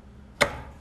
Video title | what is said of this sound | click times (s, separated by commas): Dewalt 12in Sliding Miter Saw DWS779: Setup & Review | hear it kind of click into place and now it's not gonna move again I don't need to depress again | 0.4 s